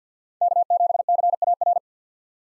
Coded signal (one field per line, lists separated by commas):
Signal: Morse code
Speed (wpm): 50 wpm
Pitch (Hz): 700 Hz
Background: none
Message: K7CAR